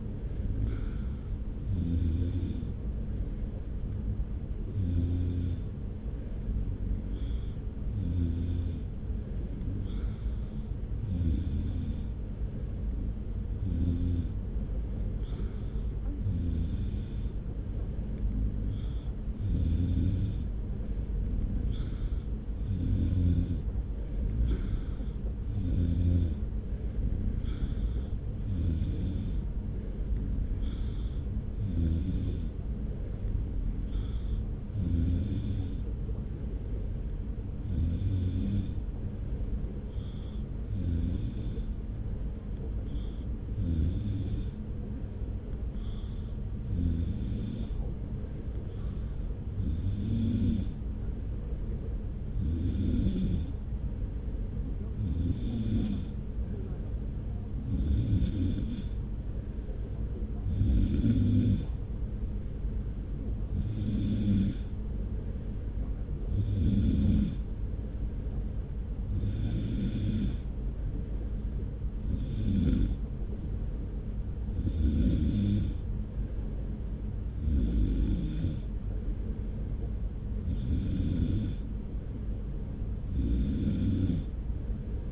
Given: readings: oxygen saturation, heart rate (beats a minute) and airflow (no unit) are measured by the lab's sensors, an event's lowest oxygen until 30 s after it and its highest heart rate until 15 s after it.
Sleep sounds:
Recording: breathing in sleep by a smartphone at the bedside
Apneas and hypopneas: none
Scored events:
37.00-67.00 s: new sleep stage, N2 (light sleep)
67.00-85.12 s: new sleep stage, N3 (deep sleep)
From the record:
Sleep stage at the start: N3 (deep sleep)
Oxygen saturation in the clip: 93 to 94%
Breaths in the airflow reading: 32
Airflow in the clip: -0.9 to 1.0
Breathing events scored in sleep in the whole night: 335 in 6.7 hours asleep

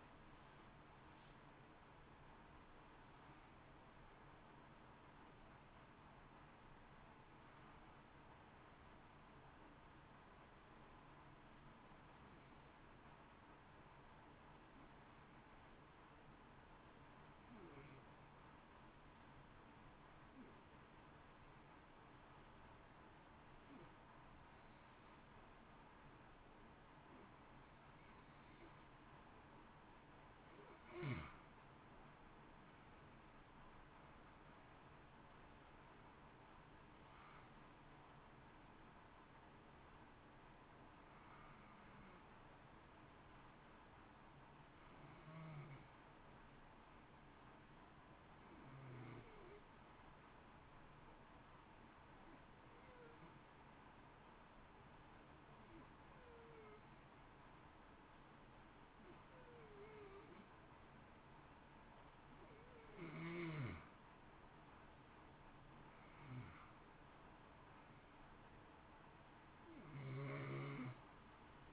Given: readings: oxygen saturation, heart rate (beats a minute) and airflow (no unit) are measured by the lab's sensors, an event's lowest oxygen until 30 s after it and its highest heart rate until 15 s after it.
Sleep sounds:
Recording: breathing in sleep by a voice recorder at the bedside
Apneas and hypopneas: 2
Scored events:
10.00-32.20 s: hypopnea (N1, oxygen 94% highest, then 85% lowest, heart rate 57 at the start, 65 highest)
46.00-64.70 s: hypopnea (N1, oxygen 94% highest, then 88% lowest, heart rate 55 at the start, 60 highest)
From the record:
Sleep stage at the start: N1 (lightest sleep)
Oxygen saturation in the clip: 85 to 94%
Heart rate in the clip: 53 to 65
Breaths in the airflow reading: 24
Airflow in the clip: -1.2 to 1.5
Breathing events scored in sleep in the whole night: 328 in 6.3 hours asleep

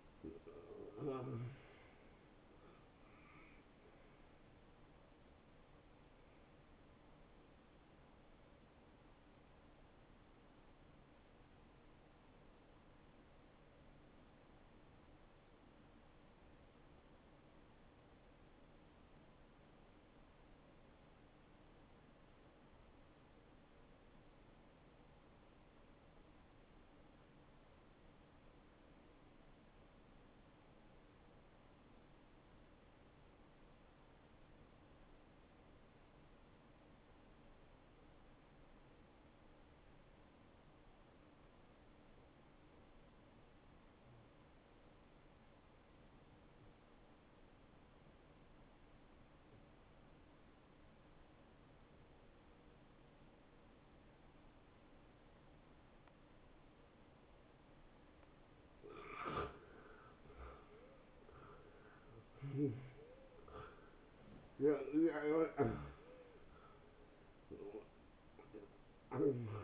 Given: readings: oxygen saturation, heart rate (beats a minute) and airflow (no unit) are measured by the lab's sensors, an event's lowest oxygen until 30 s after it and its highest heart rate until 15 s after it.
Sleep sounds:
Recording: breathing in sleep by a voice recorder at the bedside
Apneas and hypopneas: 1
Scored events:
13.00-59.10 s: obstructive apnea (N1, oxygen 95% highest, then 81% lowest)
26.00-56.00 s: new sleep stage, N2 (light sleep)
56.00-69.64 s: new sleep stage, N1 (lightest sleep)
From the record:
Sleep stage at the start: N1 (lightest sleep)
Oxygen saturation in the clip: 83 to 95%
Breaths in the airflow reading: 6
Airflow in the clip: -16.6 to 10.6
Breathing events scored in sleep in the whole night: 263 in 5.5 hours asleep

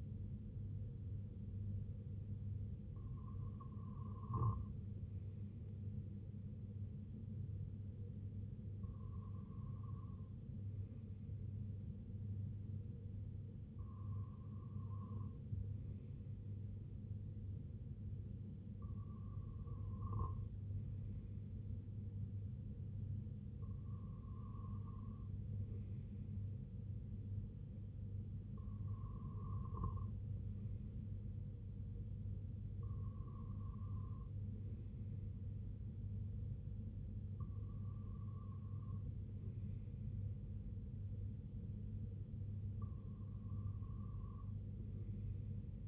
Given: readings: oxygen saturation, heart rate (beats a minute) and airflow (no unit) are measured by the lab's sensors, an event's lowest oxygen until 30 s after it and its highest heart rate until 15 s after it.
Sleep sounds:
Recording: breathing in sleep by a smartphone at the bedside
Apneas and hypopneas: 1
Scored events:
3.00-39.70 s: hypopnea (N1, oxygen 97% highest, then 94% lowest, heart rate 62 at the start, 67 highest)
4.00-45.87 s: new sleep stage, REM sleep
From the record:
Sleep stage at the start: N1 (lightest sleep)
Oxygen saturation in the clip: 94 to 97%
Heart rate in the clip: 56 to 73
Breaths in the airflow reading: 9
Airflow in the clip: -5.3 to 2.6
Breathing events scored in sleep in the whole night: 258 in 7.4 hours asleep

